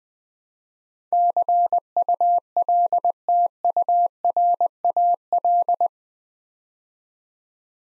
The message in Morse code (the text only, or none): CULTURAL